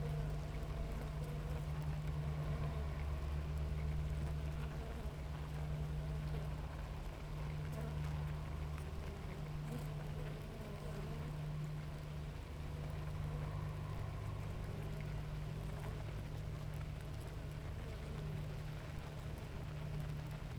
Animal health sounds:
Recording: honeybee colony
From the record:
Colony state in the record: active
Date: 28 July 2017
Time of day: 7:14

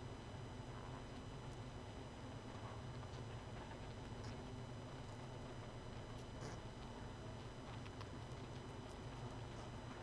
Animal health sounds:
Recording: honeybee colony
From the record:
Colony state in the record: missing queen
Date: 31 May 2018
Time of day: 23:28

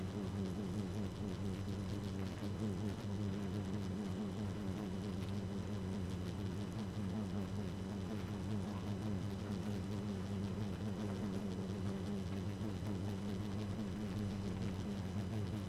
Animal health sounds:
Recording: honeybee colony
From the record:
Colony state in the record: active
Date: 12 June 2018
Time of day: 2:20

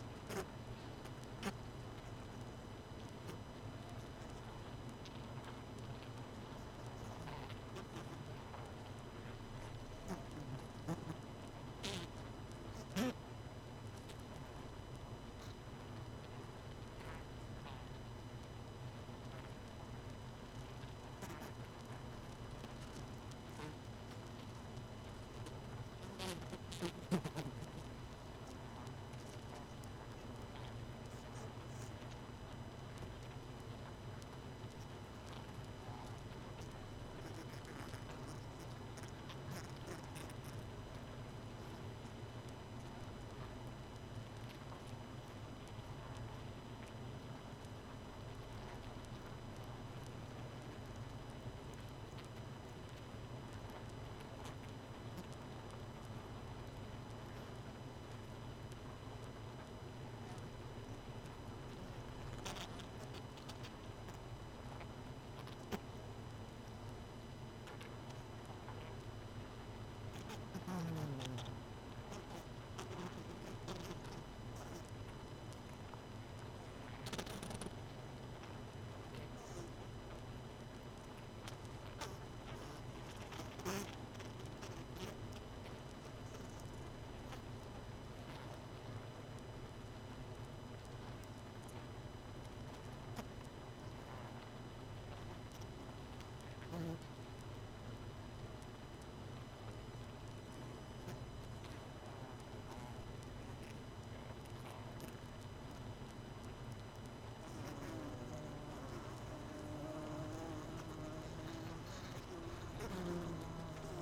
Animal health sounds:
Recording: honeybee colony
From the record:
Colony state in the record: missing queen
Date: 31 May 2018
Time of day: 22:51

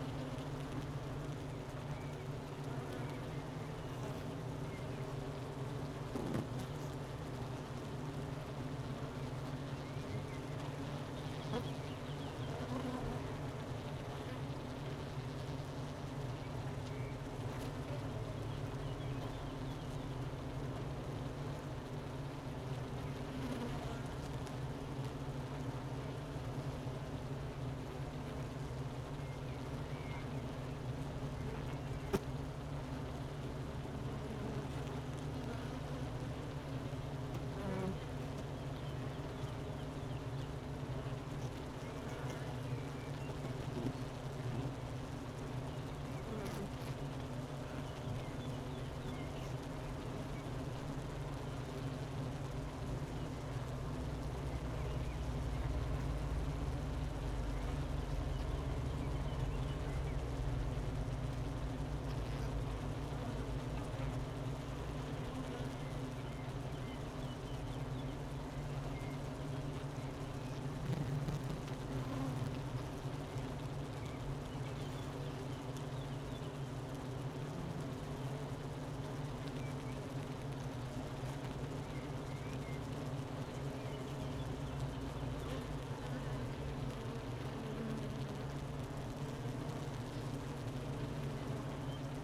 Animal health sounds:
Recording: honeybee colony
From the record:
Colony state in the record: missing queen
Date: 31 May 2018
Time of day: 12:53

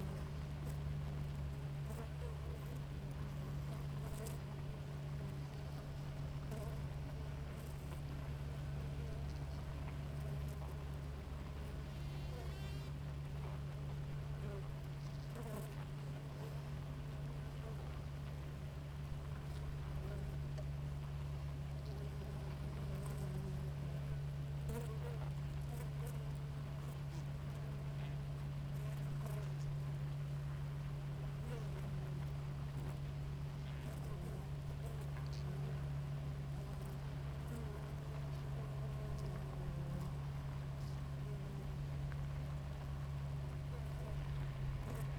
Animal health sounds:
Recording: honeybee colony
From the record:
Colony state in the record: active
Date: 28 July 2017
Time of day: 5:29

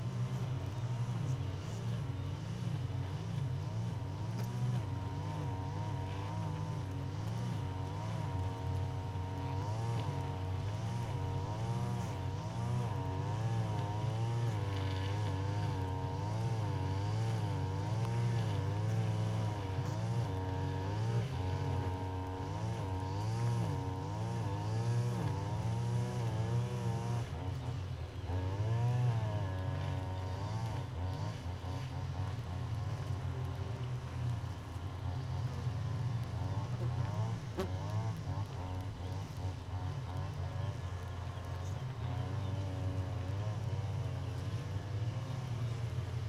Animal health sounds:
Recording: honeybee colony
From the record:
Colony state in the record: missing queen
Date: 31 May 2018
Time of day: 5:00

